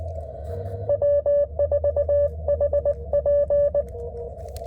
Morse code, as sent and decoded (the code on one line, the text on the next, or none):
.-- ....- .... .--.
W4HP